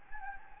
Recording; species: mosquito wingbeat signal from an infrared sensor; Anopheles gambiae